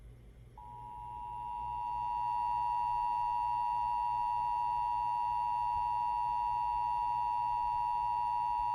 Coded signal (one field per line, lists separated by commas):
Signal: Emergency Alert System (SAME) tones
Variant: 853 and 960 Hz attention tone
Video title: 2021 National Periodic Test (EAS #259) 8/11/21